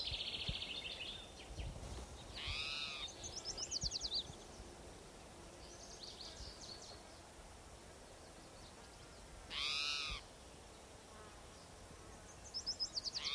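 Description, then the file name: Spotted towhee giving two harsh, arching, nasal mewing cries several seconds apart, with faint chirps and trills between them against background hiss. Individual number 7 giving cries; recorded 27 June 2006 on a trail at Gibson Jack Creek, Bannock County, Idaho. "Cicero 27 Jun 2006 Pmaculatus"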